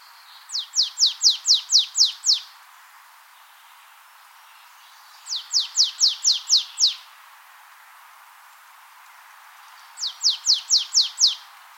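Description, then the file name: Marsh tit calling in three quick bursts of about seven high, sharply falling notes, each burst lasting under two seconds and spaced roughly five seconds apart. "Poecile palustris"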